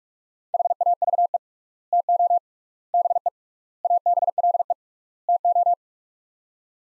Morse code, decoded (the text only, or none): HAVE TO BE ABLE TO